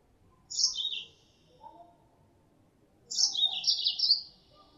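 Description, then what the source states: Mozambique canary calls, two high twittering bursts about two and a half seconds apart, the second longer, each sliding slightly downward, with a faint low note between. Female; lure call used to attract birds.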